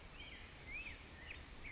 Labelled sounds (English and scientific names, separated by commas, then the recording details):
Black-headed Grosbeak (Pheucticus melanocephalus)
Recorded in Sonoma County, California